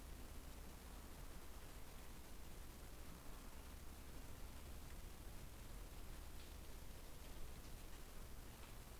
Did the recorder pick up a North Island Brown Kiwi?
no